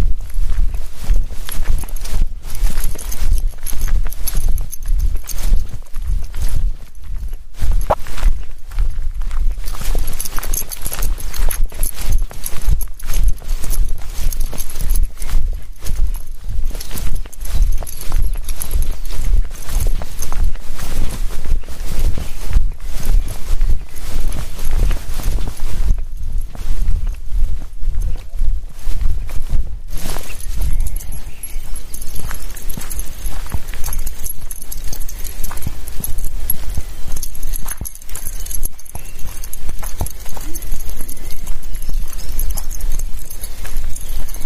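A walk in the forest: steady, rapid footsteps or hoof-like clopping throughout, with a faint high whine and low rumble underneath.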